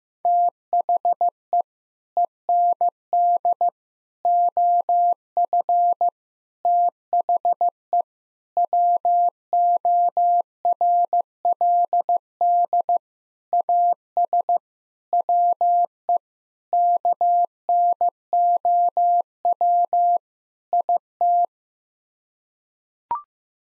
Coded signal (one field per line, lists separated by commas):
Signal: Morse code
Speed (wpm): 16 wpm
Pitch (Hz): 700 Hz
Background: none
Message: THE END OF THE WORLD AS WE KNOW IT